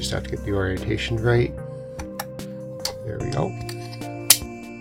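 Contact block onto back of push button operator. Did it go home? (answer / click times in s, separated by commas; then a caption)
yes / 4.3 s. A contact block is pushed onto the back of an illuminated push button operator while someone talks over background music, with a few light ticks as it is lined up. It snaps home with a sharp click at 4.3 seconds, seating the contact block.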